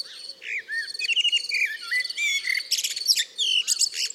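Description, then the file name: Common blackbird singing: a run of fluty, warbling whistled phrases with thin high twitters, one after another, over a steady pulsing chirp of crickets. "Turdus merula"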